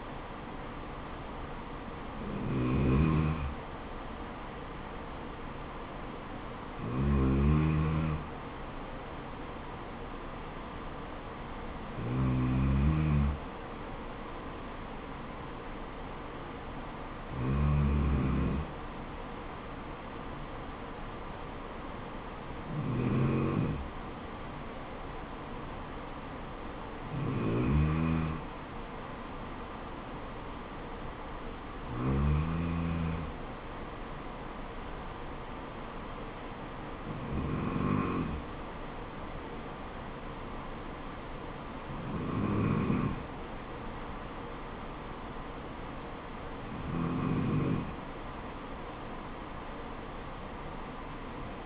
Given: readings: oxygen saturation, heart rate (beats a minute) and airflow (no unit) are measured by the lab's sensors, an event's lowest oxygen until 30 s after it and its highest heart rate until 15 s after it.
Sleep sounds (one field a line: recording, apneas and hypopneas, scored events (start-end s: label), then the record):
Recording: breathing in sleep by a voice recorder at the bedside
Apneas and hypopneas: none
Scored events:
none scored
From the record:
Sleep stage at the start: N2 (light sleep)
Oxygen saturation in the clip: 93%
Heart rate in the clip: 66 to 75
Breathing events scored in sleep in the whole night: 426 in 7.4 hours asleep